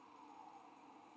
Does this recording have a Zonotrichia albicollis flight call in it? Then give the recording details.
no. No flight call is heard. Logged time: 07:59 on 5 December 2014